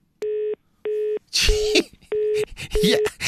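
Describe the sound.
A telephone busy signal beeps in five even, mid-pitched pulses with short gaps between them on an unanswered call to a cell phone, while people talk loudly over the later tones.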